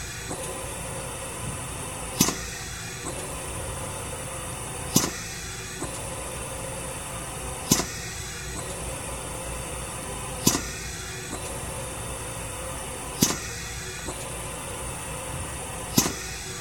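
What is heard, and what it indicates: A constant mechanical hum and hiss is broken by a sharp, hissing air release about every 2.7 seconds, roughly 22 times a minute, in a steady rhythm. It is a hospital ventilator compressor cycling with its air release.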